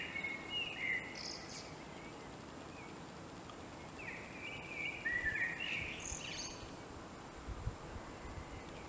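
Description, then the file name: Common blackbird giving fluty whistled phrases with high squeaky endings, a short one at the start and a longer one midway, over hiss. "Turdus merula"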